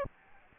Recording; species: mosquito wingbeat signal from an infrared sensor; Aedes aegypti